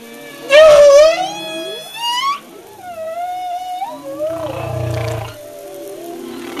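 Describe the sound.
Humpback whale song: a loud, wavering harmonic wail, then gliding tonal moans that rise and fall, with a low rumbling unit near the end.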